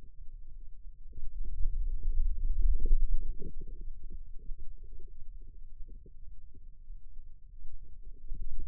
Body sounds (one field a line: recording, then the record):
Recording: forearm muscle sounds (acoustic myography)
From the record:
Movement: wrist extension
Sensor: system 2, bracelet of six BSWA MPA416 microphones around the upper forearm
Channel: 5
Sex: male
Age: 22 years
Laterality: right